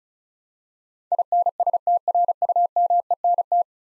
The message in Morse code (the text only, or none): INSTRUMENT